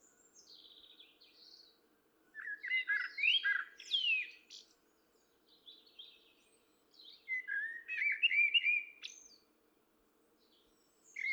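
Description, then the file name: Common blackbird singing two phrases of fluty warbling mixed with shrill, squeaky twitters, separated by a short quiet gap. "Turdus merula"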